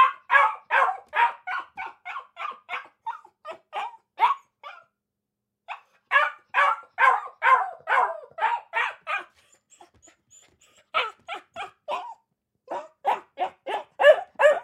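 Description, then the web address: Akita puppy yapping in rapid runs of sharp barks, broken by short pauses. Akita puppy barking in a cage kennel. "Blastwave ANIMALS Dog Akita Puppy"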